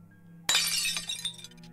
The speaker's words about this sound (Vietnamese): Như một tia sét đánh ngang mày, bà Liệu thất kinh buông rơi luôn tô cháo nghỉ ngút xuống nền gạch vỡ tan.